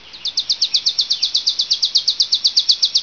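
Chipping sparrow song, a dry, even trill of rapid identical chips, sustained steadily throughout.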